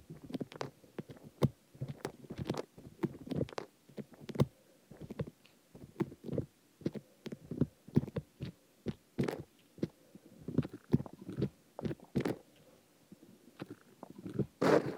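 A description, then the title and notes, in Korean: Sesame seeds being poured into an ear make a dense run of tiny crackling ticks and soft rustles, irregular and quick, with a low rumbling layer beneath. Sharper, brighter clicks punctuate it every second or so, and a louder burst closes the clip. 귀에 참깨 넣는 소리.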